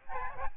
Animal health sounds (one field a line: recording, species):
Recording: mosquito wingbeat signal from an infrared sensor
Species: Aedes albopictus